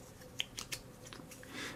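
A metal fork is wiggled into a tight-fitting plastic universal cuff utensil holder and pushed all the way to the back. A small sharp click at 0.4 s marks it bottoming out against the solid back stop, followed by a few lighter ticks and soft scraping. The fork is seated home in the holder.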